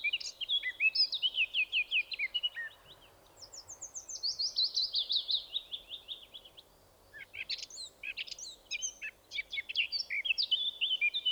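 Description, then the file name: Eurasian blackcap warbling song: quick chattering notes, a smooth descending run of whistles, a gap of quiet, then jerky high phrases resuming. "Sylvia atricapilla"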